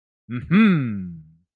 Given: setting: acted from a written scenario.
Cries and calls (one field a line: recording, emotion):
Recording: vocal sound without words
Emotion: pride